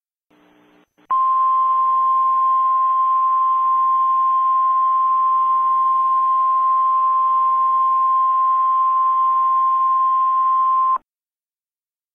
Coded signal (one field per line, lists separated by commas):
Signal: Emergency Alert System (SAME) tones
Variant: 1050 Hz attention tone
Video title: EAS Scenario: From Friends to Foes